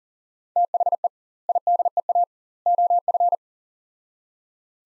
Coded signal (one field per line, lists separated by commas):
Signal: Morse code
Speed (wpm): 40 wpm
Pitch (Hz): 700 Hz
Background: none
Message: THE IDEA OF